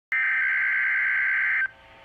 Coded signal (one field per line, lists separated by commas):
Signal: Emergency Alert System (SAME) tones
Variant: header bursts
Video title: Required Weekly Test (REAL EAS#13)